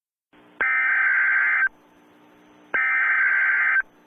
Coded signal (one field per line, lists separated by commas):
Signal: Emergency Alert System (SAME) tones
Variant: header bursts